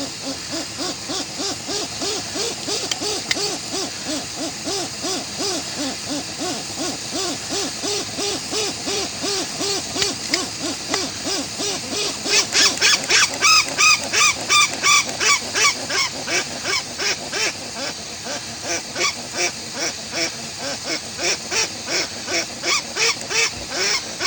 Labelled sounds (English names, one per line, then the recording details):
Westland Petrel
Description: Westland petrel/tāiko song
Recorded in New Zealand